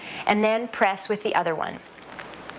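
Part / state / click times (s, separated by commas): hinged lid pins pressed into a spice storage container / seated / 2.1 s, 2.5 s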